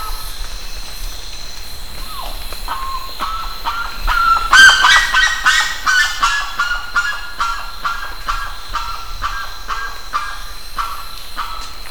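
Bird calls, a run of harsh repeated notes several times a second, growing louder midway and then fading, with a faint steady tone behind.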